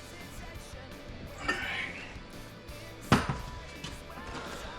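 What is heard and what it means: A metal snap ring (circlip) is fitted back into its groove on a rear shock absorber body during a rebuild. A single sharp metallic snap is heard at 3.1 s as the ring seats in the groove.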